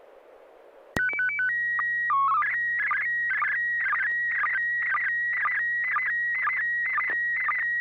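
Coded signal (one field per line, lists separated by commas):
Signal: SSTV (slow-scan television)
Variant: PD 120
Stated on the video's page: SSTV net on an FM repeater at 441.300 MHz, Sacramento, CA, Wednesdays 9 pm Pacific.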